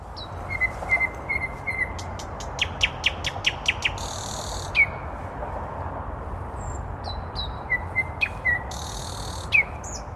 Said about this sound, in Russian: Соня, это соловей, самый настоящий.